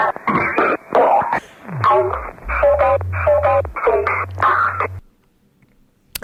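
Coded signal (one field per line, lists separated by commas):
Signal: numbers station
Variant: Swedish Rhapsody, child's voice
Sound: about eight short, evenly spaced spoken words in a thin, high voice over a low hum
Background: radio hum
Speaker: Et on va écouter à présent un extrait de la Number Station nommé Swedish Rhapsody, dont la voix d'enfant est particulièrement dérangeante. Ça dure 47 secondes.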